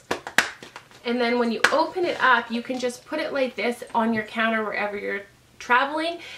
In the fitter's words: shorter brushes and it locks just like this